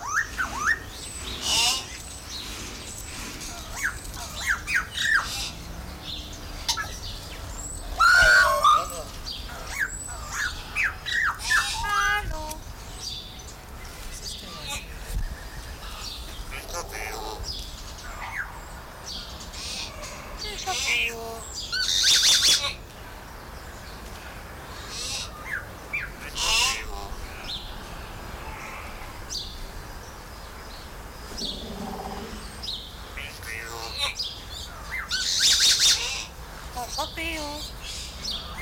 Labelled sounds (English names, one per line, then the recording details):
Common Hill Myna
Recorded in captivity
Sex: diverse
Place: Zoo Halle, Sachsen-Anhalt, DE
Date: 1996-03-08 16:30
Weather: sonnig, 3°C
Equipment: Sony WM-D6C, Sennheiser ME 80, Kopie Uher 4000 Report Monitor
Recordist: Tembrock, Günter